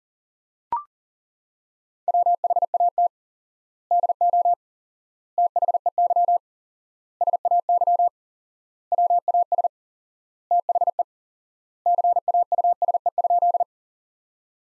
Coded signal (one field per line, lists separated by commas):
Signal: Morse code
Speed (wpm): 37 wpm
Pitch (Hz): 700 Hz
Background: none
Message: WHAT DO THEY SAY WAS THE CAUSE?